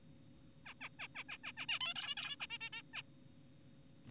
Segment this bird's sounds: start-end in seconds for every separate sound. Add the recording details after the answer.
0.66-0.74, 0.81-0.89, 0.99-1.08, 1.15-1.24, 1.29-1.37, 1.44-1.52, 1.57-1.66, 1.69-1.79, 1.81-1.94, 1.96-2.15, 2.17-2.36, 2.40-2.47, 2.50-2.58, 2.61-2.70, 2.73-2.82, 2.94-3.02. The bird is an adult. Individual g4p5U